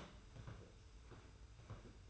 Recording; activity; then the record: daily activity, microphone in the room; sweep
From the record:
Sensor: 2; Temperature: 25.1 degrees Celsius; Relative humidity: 42.2%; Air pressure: 991.2 hPa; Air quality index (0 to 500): 147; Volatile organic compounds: 362 ppm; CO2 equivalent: 4605 ppm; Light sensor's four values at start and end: 41/116/46/44 and 41/116/46/44